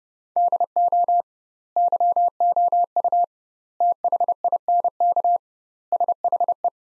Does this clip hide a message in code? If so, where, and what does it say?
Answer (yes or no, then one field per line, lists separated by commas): yes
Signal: Morse code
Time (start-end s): 0.4-6.7 s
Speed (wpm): 30 wpm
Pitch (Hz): 700 Hz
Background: none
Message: DO YOU THINK SHE